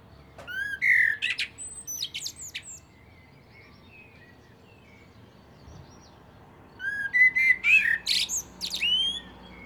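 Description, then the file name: Common blackbird singing two phrases: a low mellow whistle tumbling into thin high squeaks, a long pause, then a second warbled phrase. "Turdus merula"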